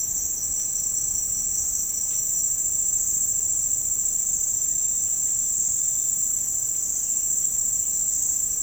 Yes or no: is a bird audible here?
no